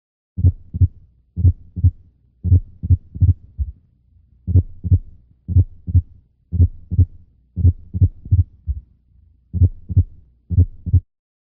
Entricular premature complexes produce audible splitting. The loudness of the first sound is variable, and the loudness of the second heart sound is often reduced and may be absent. The simulation of ventricular premature complexes. The splitting of the heart sounds associated with asynchronous activation of the ventricles, and the compensatory pause following the ventricular premature complexes.